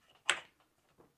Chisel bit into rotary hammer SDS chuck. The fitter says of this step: and locking down